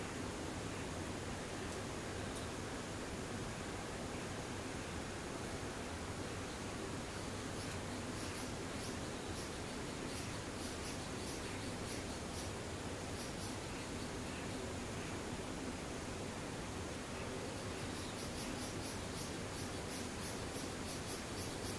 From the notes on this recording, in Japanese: セミ